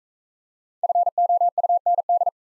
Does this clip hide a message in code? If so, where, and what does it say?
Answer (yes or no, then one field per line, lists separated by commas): yes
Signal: Morse code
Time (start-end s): 0.8-2.3 s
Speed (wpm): 42 wpm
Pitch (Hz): 700 Hz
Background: none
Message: FOUND